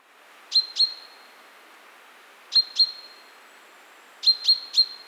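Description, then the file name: Common chaffinch giving sharp, ringing high notes: two pairs, then a triplet. "Fringilla coelebs"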